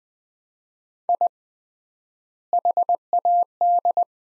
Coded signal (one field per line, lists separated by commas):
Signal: Morse code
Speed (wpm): 20 wpm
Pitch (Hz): 700 Hz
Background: none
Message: I HAD